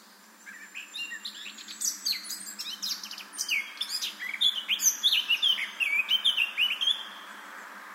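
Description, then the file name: Eurasian blackcap singing a quick chattering warble that breaks into bright, pure whistled notes. "Sylvia atricapilla"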